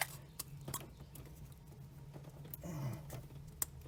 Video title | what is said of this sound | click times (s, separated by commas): Cherokee Therapy 23: Change Oil Pressure Sender Pig Tail (Troubleshooting Oil Pressure Probs part 1) | And it locks into place. | 3.6 s